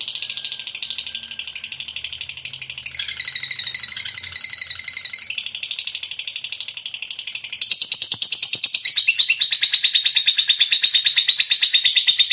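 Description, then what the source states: Lovebird song: continuous high, rapid chatter that changes in tone partway through. Lovebird described as a 'fighter' and 'gacor'.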